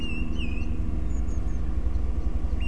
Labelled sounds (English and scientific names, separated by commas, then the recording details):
Eurasian Blue Tit (Cyanistes caeruleus)
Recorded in Germany
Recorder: ecoPi